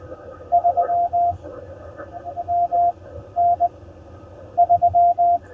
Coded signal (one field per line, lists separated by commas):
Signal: Morse code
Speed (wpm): 14 wpm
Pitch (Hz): 700 Hz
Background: radio noise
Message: 3 M N 3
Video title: Successful CW POTA Activation at Ft Harrison State Park!